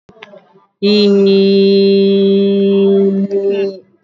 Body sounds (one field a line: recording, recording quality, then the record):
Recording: sustained vowel as in beet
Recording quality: excellent, no background noise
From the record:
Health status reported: healthy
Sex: female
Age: 50 years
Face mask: worn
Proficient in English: no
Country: India